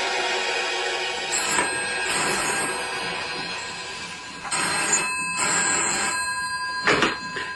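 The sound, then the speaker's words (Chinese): A telephone rings early in the morning in repeated short bursts of high, bright tones over a steady buzzing hum, the rings coming back again and again with no voices. “我咁早打电话嚟有咩事啊？”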